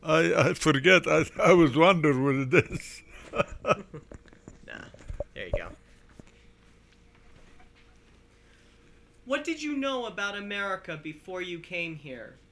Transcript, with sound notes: I forget. I was wondering what it is. (laughing)
There you go. What did you know about America before you came here?